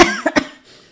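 Three quick, slightly voiced coughs from an adult woman in a small room: a lingering cough after a small cold that dragged on for two weeks, with constant coughing that gets worse at night, in someone whose colds easily turn into bronchitis.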